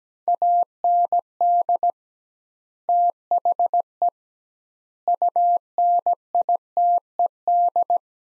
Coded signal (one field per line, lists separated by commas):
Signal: Morse code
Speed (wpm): 17 wpm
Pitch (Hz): 700 Hz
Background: none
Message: AND THE UNITED